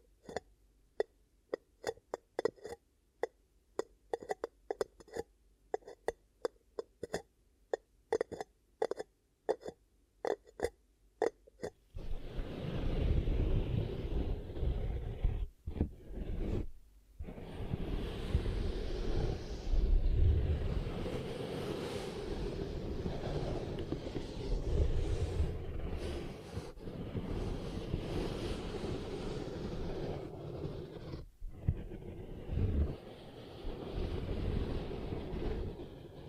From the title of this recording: ASMR 10 Ear Cupping Triggers